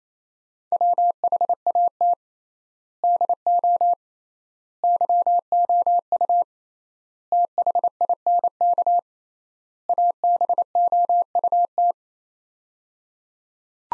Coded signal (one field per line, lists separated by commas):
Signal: Morse code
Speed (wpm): 27 wpm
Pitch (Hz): 700 Hz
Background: none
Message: WHAT DO YOU THINK ABOUT